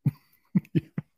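A quick run of four short, muffled coughs within about one second from a young girl in the background, low-pitched and faint, as if from another part of a small room. They are sharp bursts with no wheeze or whoop between them. She has had a cold with a fever for a week.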